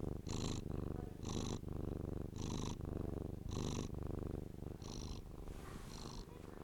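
Cat purring, a low rumbling purr that swells and eases in steady cycles roughly once a second, each breath carrying a faint breathy hiss above the rumble.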